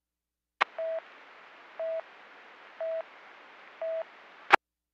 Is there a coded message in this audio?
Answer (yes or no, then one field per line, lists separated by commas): no